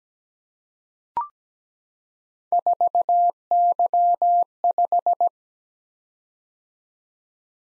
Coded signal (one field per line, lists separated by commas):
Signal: Morse code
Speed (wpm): 17 wpm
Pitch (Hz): 700 Hz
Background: none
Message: 4Y5